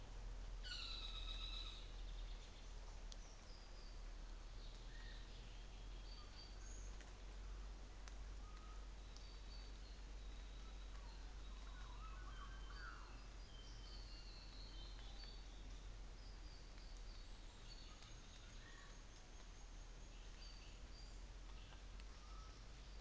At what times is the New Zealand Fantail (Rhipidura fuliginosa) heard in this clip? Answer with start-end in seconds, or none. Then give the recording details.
17.16-21.28. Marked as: faintness 2/5, faintness 5/5. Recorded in New Zealand on 24 December 2018. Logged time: 10:15